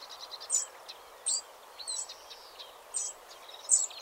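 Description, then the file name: Eurasian wren giving sharp, very high, short clicking call notes at irregular intervals, about five in four seconds, over steady background hiss and faint twittering. "Troglodytes troglodytes"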